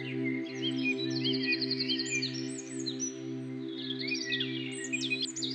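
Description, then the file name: Overlapping birdsong with a fast rattling trill early on and scattered high chirps and whistles, backed by a pulsing low drone. Birdsong used as an alarm tone. "halytysaani linnunlaulu"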